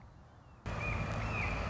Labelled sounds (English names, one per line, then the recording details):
Red-shouldered Hawk
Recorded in Sonoma County, California